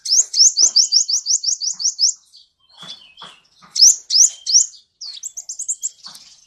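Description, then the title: Sunbird song: rapid run of high, sharply rising notes for two seconds, a short quiet gap, then several emphatic upslurs and a closing twittering phrase. Selected ninja sunbird song, described as melodious, clear and loud, collected as master song for training cage birds. "Suara Kolibri Ninja Pilihan MERDU, JELAS DAN LANTANG Cocok Dijadikan Masteran Burung Anda"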